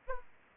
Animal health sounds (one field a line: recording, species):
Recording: mosquito wingbeat signal from an infrared sensor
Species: Aedes aegypti